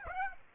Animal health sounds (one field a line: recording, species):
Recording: mosquito wingbeat signal from an infrared sensor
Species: Aedes aegypti